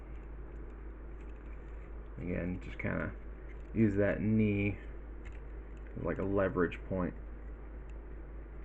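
Someone talks while handling a plastic transforming figure, levering the plastic knee joint on the other side into the figure's leg socket and using the knee as a leverage point. Only speech and faint handling noise are heard. Nothing has seated or clicked yet.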